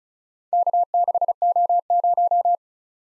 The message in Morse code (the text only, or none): K6O0